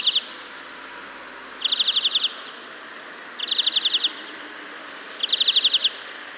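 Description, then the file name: European greenfinch trill calls, short rapid bursts of several high metallic notes, repeated about every two seconds over a steady background hiss. "Chloris chloris"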